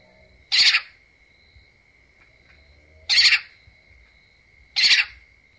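Spotted owlet calling: three short, harsh, screechy notes spaced irregularly over a few seconds, with a steady thin hum in the background.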